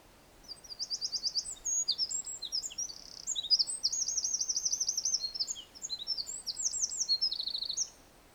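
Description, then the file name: Eurasian wren song of about seven seconds, a loud cascade of shrill notes broken by several fast rattling trills. "Troglodytes troglodytes"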